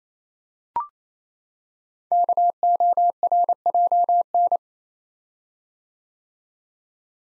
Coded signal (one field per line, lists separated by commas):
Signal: Morse code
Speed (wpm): 28 wpm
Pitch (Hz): 700 Hz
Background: none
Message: KORJN